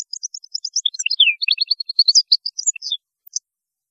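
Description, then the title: European goldfinch song, a fast continuous tinkling twitter of high chirps and slurred notes for about three seconds, with a downward slur midway, then a final chirp. "Chant Chardonneret"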